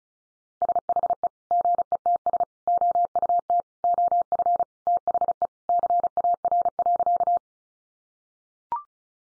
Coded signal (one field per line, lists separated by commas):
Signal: Morse code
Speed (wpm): 34 wpm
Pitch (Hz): 700 Hz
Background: none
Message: SHE GETS OUT OF THE CAR.